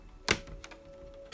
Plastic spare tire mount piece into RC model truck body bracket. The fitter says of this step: this is going to have to pop into place